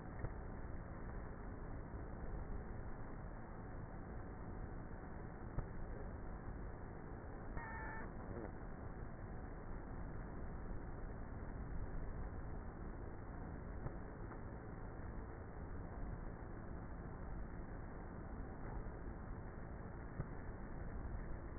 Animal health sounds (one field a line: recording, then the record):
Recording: honeybee colony, microphone inside the hive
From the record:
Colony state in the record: queenless with a low population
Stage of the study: before two queens were removed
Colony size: about 30,000 bees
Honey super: no